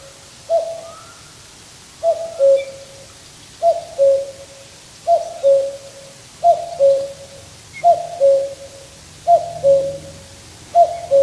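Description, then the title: Common cuckoo calling its two-note cu-coo, a higher note dropping to a lower one, repeated about every one and a half seconds over a quiet background. Summer night beside a river in Finland; crisp, clear calling. "来自芬兰一个夏天的夜晚，布谷鸟在河边清脆的叫声"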